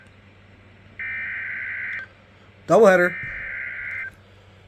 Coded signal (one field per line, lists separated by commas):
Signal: Emergency Alert System (SAME) tones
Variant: header bursts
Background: speech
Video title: Being Sick is always nice. (Not really.) | EAS Alerts from 6/17-19/25 | EAS#2,169-2,202